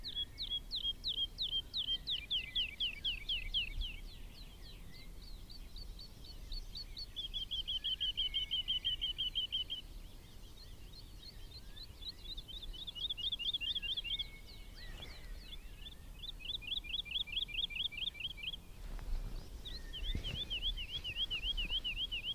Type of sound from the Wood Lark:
flight song